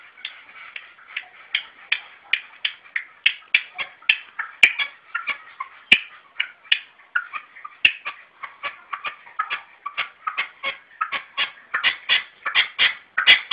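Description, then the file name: Red-legged partridge long run of harsh repeated calls, grating notes tumbling on steadily, with a few sharp clicks. "perdiz roja-sonido"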